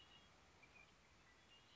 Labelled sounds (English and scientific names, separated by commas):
Red-winged Blackbird (Agelaius phoeniceus)